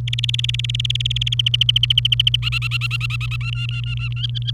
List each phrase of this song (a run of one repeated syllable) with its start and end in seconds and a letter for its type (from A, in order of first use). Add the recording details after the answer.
0.08-1.34 A, 1.39-2.36 B, 2.42-3.36 C, 3.41-4.51 D. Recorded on 28 April 2018 at 09:35. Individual llb3